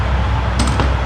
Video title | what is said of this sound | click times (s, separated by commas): Video #213 - Preventing Chassis Breakage: Essential Precaution for Himalayan 450 Owners | जैसे ही वो click आवाज आया मतलब लॉक हो गया. | 0.8 s